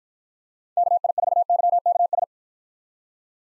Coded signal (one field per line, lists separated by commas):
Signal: Morse code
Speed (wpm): 53 wpm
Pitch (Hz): 700 Hz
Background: none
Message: KI4YKS